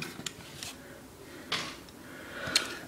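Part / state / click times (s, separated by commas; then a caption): plastic sword into back mount of action figure / partly seated / 2.6 s. A plastic sword is pushed onto the back mount of a Grimlock action figure, with small plastic clicks and knocks near 0.0, 0.3, 0.6 and 1.5 seconds as it is worked into place. A sharper click at 2.6 seconds marks it seating, but it clips on poorly and holds only partly.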